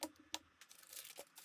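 The keyboard ribbon cable connector of a Framework Laptop 13 (Meteor Lake) is pressed into its socket on the motherboard, with the magnetic keyboard already in place. A sharp click at 0.0 s is followed by a louder, very short click at 0.3 s when the connector seats, then softer small ticks and light rustling through 1.5 s. The connector is seated with a good fit.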